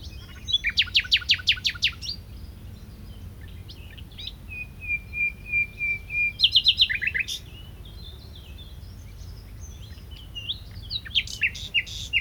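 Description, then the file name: Common nightingale song opening with a fast run of loud repeated notes, then a series of softer even notes, another rapid burst, and scattered sharp notes. "Luscinia megarhynchos"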